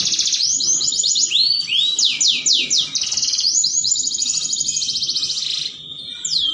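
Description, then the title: Canary song of fast, high trills and rolls, shifting between rapid descending sweeps and buzzy sustained rattles, with a brief quieter spell near the end. Belgian canary song used to warm up canaries and stimulate them for mating. "Canto Para Esquentar Canário Belga. Pancingan Suara Kenari Kawin"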